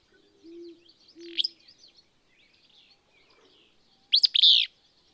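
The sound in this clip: Willow Flycatcher: two soft low notes open, then a single sneezy, buzzy two-part phrase.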